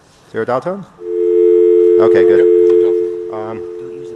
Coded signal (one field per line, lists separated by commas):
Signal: telephone call progress tone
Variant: North America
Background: speech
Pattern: dial tone